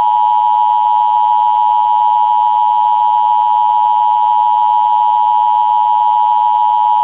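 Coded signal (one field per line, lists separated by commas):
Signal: Emergency Alert System (SAME) tones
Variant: 853 and 960 Hz attention tone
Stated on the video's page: Fake EAS alert made for a day of severe weather.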